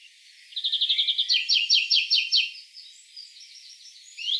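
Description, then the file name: European greenfinch song: a series of twittering notes becoming louder ringing trill elements, then quieter chatter and a final rising note. "Chloris chloris"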